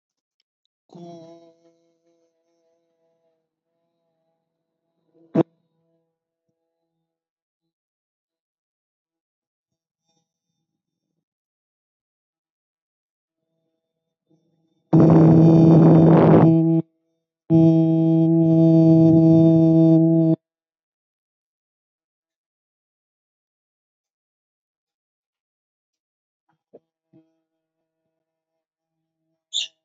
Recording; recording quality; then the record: sustained vowel as in boot; moderate, slight background noise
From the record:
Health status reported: healthy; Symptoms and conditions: none ticked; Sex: male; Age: 24 years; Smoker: not ticked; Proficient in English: yes